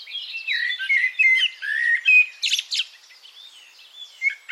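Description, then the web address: Bird song with sliding whistles and quick chirps, a couple of loud buzzy bursts midway, then softer notes. "cianscape birddata Deverinetal 2025 Bird Only"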